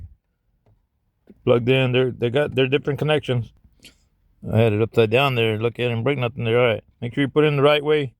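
A USB cable plug is handled at the back of an aftermarket 10-inch Android head unit (XT812SC) for a 2007-2013 Toyota Tundra; after first being tried upside down, it is flipped to go in the right way. A man talks throughout in a small room, with only faint handling sounds between phrases. Nothing has seated or clicked yet.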